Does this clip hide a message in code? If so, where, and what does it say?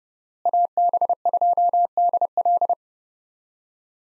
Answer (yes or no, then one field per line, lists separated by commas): yes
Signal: Morse code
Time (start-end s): 0.5-2.7 s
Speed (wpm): 30 wpm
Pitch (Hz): 700 Hz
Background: none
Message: AB2DL